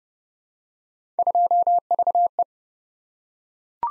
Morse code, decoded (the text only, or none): 2VE